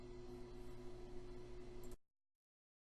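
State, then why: Not seated. A plastic component cover is being handled over the compressor of an EL11 or countertop freezer during a start capacitor replacement, ready to be pressed firmly in. For about 2.0 seconds there is a steady broadband wash with low humming tones under music, then the sound cuts to near silence. Nothing has seated or clicked yet.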